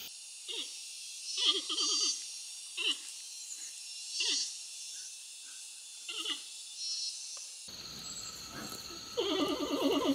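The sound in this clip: Panda bleating calls: short, low, wavering notes repeated roughly every one to two seconds over a steady hiss, then a rougher, noisier stretch near the end.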